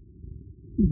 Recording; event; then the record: neck accelerometer signal played as sound; no cough (speech, laughter, throat clearing or background)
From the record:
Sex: male